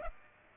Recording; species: mosquito wingbeat signal from an infrared sensor; Aedes aegypti